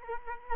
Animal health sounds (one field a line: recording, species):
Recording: mosquito wingbeat signal from an infrared sensor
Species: Culex quinquefasciatus